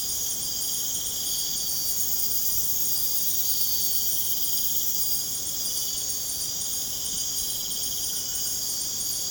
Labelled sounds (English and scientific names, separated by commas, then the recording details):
none
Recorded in pastures near Puerto Asís, Putumayo, Colombia, on 22 June 2025 at 23:30
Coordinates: 0.496, -76.326
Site GP01